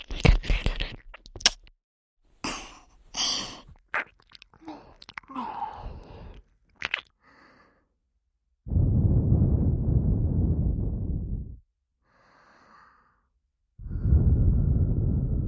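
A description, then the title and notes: Wet mouth and ear-eating sounds: quick clicks, smacks and licks for seven seconds, then two long low breathy rushes separated by a faint soft sigh. ASMR Ear Eating Tingles.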